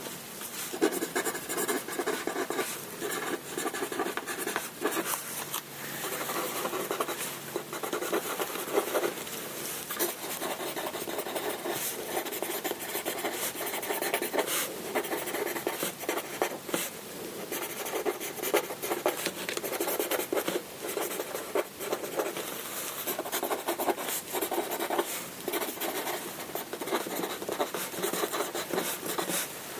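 Dry paper sounds fill the whole stretch: steady scratching and rubbing, likely pencil on paper, with frequent crisp rustles and small taps from shuffled sheets. The activity stays dense and even throughout, with no pauses.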